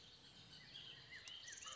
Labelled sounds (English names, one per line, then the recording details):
Bullock's Oriole
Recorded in Sonoma County, California